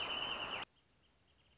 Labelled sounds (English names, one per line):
Wrentit